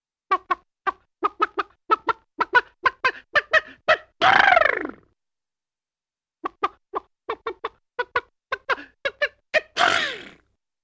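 A run of short, regular clucks from a chicken, each series ending in a longer, harsher burst, twice in about ten seconds. The two bursts are chicken sneezes.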